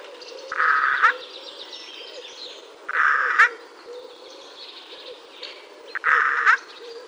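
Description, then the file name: Eurasian jay making three short, hoarse, nasal calls about two and a half to three seconds apart. "Garrulus glandarius"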